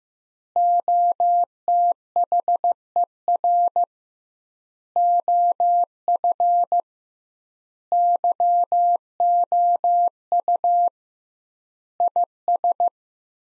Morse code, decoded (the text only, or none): OTHER OF YOU IS